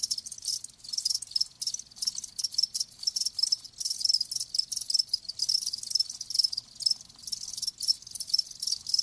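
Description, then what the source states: Chorus of crickets, high fast chirps repeating densely and continuously. Live crickets chirping, a lulling song.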